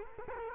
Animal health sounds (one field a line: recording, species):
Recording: mosquito wingbeat signal from an infrared sensor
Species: Culex quinquefasciatus